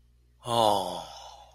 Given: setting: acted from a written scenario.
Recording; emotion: vocal sound without words; romantic love